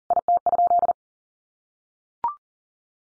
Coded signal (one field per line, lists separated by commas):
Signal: Morse code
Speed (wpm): 40 wpm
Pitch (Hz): 700 Hz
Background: none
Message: IT?